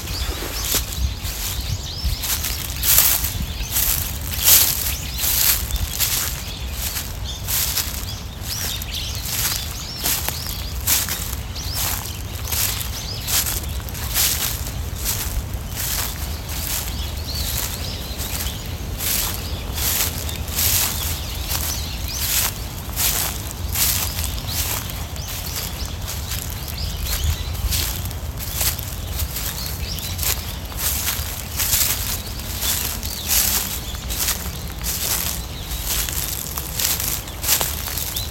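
Morning park walk with crunching footsteps on fallen leaves in a quick steady rhythm over a low, constant rush of flowing water.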